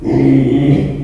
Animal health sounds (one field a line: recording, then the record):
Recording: squeal of a Yucatan mini pig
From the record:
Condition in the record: after surgery on the right vocal fold (resection and tissue-engineered implant)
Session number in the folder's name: 2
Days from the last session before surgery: 13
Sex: male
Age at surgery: 12 weeks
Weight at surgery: 13 kg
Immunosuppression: cyclosporine, prednisolone